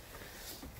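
A rear cargo privacy shade for a 2015 Honda CR-V Touring is handled while being fitted into its mounts in the SUV's cargo area. Steady broadband noise is heard with no sharp transient. Nothing has seated or clicked yet.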